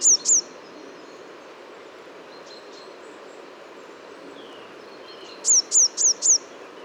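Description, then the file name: Great tit calling with very high, thin downslurred notes, a pair then a quick run of four, over a constant broad background hiss. "Parus major"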